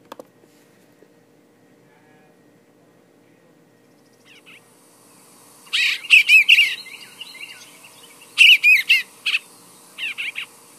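Songbird song: several quiet seconds, then bursts of sharp, high chirps and trilled notes in short phrases, ending with a few clustered high notes.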